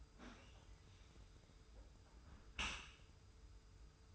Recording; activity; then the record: daily activity, microphone in the room; close dishwasher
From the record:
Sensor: 2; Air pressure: 991.2 hPa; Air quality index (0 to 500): 144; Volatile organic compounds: 305 ppm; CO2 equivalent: 4491 ppm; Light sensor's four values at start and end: 41/117/46/44 and 41/117/46/44